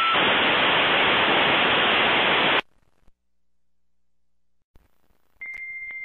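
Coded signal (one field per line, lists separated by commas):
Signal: dial-up modem handshake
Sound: loud wideband hiss for 2.5 seconds, near silence, then a steady high tone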